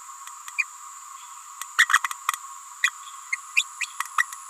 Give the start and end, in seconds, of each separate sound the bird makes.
0.58-0.64, 1.78-1.87, 1.90-2.01, 2.83-2.91, 3.32-3.37, 3.55-3.63, 3.80-3.86, 4.18-4.25